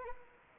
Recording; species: mosquito wingbeat signal from an infrared sensor; Anopheles arabiensis